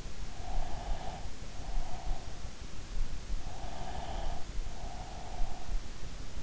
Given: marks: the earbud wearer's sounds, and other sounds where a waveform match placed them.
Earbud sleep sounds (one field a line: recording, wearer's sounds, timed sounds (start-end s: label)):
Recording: sounds in sleep by an in-ear microphone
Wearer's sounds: breath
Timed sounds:
0.50-2.50 s: breath
3.64-5.91 s: breath